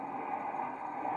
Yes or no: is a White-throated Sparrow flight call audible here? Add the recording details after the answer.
no. No flight call is heard. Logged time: 21:52 on 27 November 2014